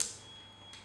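The shaft-side bracket of a servo, with the servo already set to its minimum angle, is snapped into the holed side of a plastic SM3 camera cradle, which has been pried open by hand. A single sharp, bright click comes at 0.0 s, followed by a quiet tail with a faint steady high tone and a small soft rustle near 0.7 s. The bracket is seated and now turns freely.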